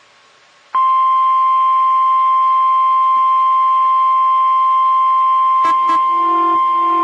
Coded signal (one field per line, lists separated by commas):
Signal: Emergency Alert System (SAME) tones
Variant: 1050 Hz attention tone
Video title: Evening Required Weekly Test on KHB37 (EAS #311)